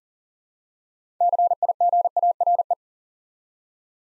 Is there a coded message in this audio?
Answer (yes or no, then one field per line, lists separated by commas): yes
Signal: Morse code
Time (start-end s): 1.2-2.7 s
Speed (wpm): 42 wpm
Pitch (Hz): 700 Hz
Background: none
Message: CIGARE